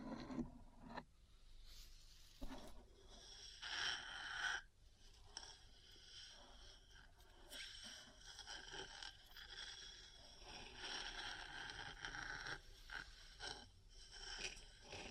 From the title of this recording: Metal Parts Tapping & Scratching